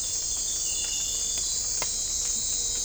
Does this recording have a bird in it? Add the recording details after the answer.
no. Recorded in dense forest near Puerto Asís, Putumayo, Colombia, on 20 December 2024 at 02:00. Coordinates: 0.499, -76.324. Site G045